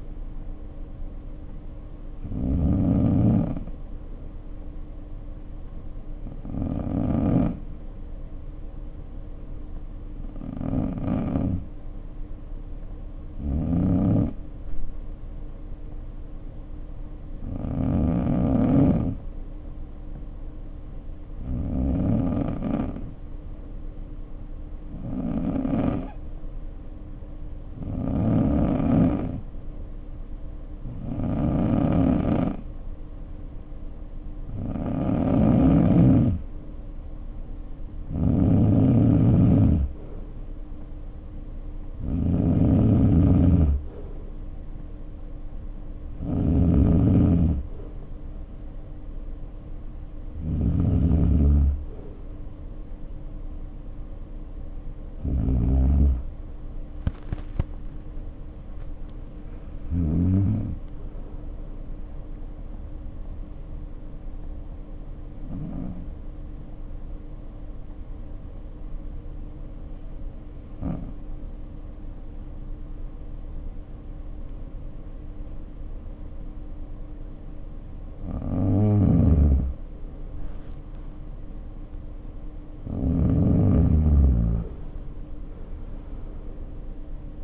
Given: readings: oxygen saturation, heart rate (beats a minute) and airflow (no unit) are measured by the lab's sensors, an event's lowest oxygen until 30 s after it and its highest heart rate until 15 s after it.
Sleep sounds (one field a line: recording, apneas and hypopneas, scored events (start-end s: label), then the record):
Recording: breathing in sleep by a smartphone at the bedside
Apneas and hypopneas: 2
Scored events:
19.00-37.30 s: hypopnea (N2, oxygen 93% highest, then 89% lowest, heart rate 56 at the start, 59 highest)
64.00-80.90 s: hypopnea (N2, oxygen 95% highest, then 88% lowest, heart rate 54 at the start, 63 highest)
From the record:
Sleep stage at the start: N2 (light sleep)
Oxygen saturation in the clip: 89 to 95%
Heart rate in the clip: 51 to 63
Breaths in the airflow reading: 20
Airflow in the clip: -8.8 to 10.0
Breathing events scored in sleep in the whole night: 520 in 7.2 hours asleep